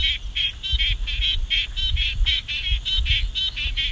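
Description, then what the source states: Squelching froglet call: many short, pulsed, squelchy notes repeated in an even series over a low rumbling background. Squelching dialect, the call type found on the Swan Coastal Plain of south-western Western Australia.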